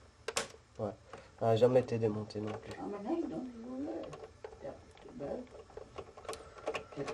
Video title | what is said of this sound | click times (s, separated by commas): Comment changer une optique ps2+ demo des americains Partie 1 | on va entendre clac | 0.3 s, 0.4 s